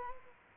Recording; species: mosquito wingbeat signal from an infrared sensor; Culex quinquefasciatus